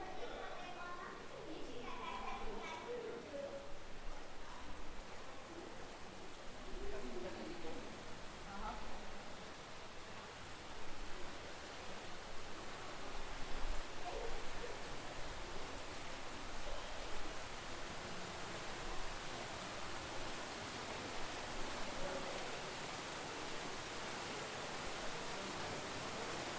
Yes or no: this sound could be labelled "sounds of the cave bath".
yes